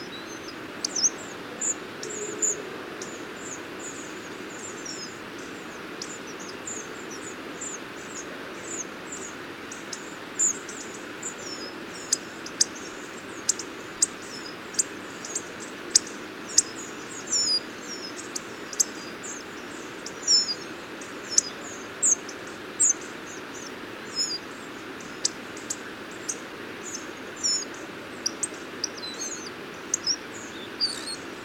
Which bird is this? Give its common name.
Hawfinch